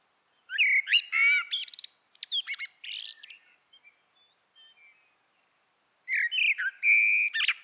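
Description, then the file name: Common blackbird song: a short phrase of mellow fluted whistles breaking into squeaky high twitters, softer trailing notes, then a new loud fluted phrase after a pause of about one second. "Turdus merula"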